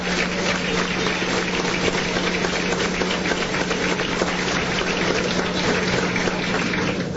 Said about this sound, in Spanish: Yo creo que le demos un fuerte aplauso a Dios, que Él es el de la gloria, el que recibe todo el honor.